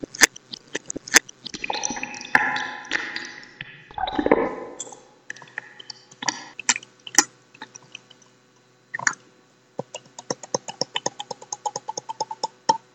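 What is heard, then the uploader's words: Mouth sounds: wet clicks, tongue pops and smacking, a denser gurgling stretch near four seconds, then quick rhythmic ticking clicks toward the end. Making sounds with my mouth.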